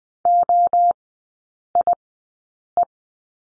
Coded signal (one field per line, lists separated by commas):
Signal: Morse code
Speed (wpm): 20 wpm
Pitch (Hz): 700 Hz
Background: none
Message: OIE